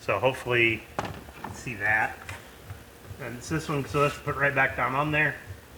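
Someone talks while handling the replacement EVAP purge valve solenoid on a Encore with code P0496, bringing it back toward its engine-bay mount, where it is pushed down so its plastic clips snap on. Nothing has seated or clicked yet in this clip.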